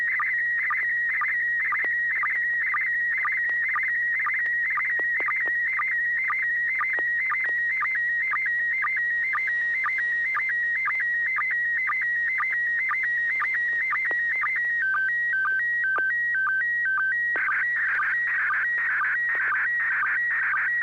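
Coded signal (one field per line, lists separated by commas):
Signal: SSTV (slow-scan television)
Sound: warbling tone stepping between two pitches, short low chirps about twice a second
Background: low mains hum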